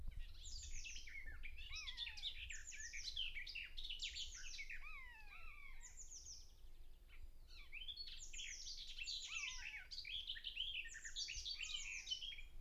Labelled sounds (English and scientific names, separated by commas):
Common Buzzard (Buteo buteo) call